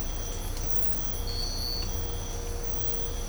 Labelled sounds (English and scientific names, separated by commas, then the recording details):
none
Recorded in dense forest near Puerto Asís, Putumayo, Colombia, on 22 December 2024 at 05:30
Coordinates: 0.503, -76.323
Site G043